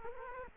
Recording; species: mosquito wingbeat signal from an infrared sensor; Culex quinquefasciatus